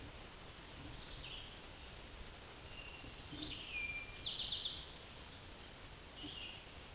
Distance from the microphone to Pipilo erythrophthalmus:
about 35 m